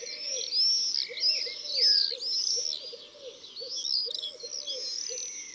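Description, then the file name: Common swift calls: piercing, trilled screams, with a dove's low, rhythmic cooing repeating in the background. "Martinet noir ABC des chants doiseaux"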